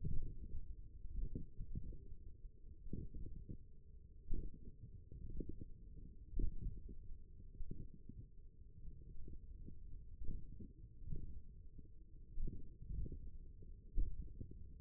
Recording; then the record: forearm muscle sounds (acoustic myography)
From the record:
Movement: finger pinch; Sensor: system 1, eight BSWA MPA416 microphones around the upper forearm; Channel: 7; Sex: male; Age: 28 years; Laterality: right